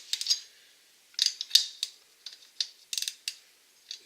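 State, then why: Torque reached. A torque wrench set to about 1.5 mkg is used to tighten a nut, producing a series of short, bright ratcheting clicks concentrated in the upper frequencies. At 2.6 s the wrench gives its release click at the set torque, and the nut is confirmed tightened correctly, followed by a few more light ratchet clicks.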